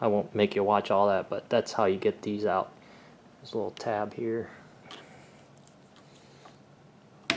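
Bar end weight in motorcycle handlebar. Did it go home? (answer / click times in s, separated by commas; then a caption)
released / 7.3 s. A bar end weight is worked out of the handlebar of a Honda NC700X motorcycle by pressing a small internal retaining tab, during an Acerbis hand guard installation. Someone talks for the first few seconds, followed by quiet handling ticks around 5.6–6.0 s. A sharp, loud hit at 7.3 s marks the weight popping free and releasing from the bar.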